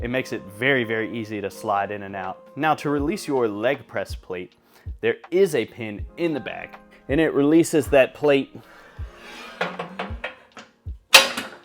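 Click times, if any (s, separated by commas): 11.1 s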